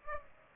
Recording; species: mosquito wingbeat signal from an infrared sensor; Culex pipiens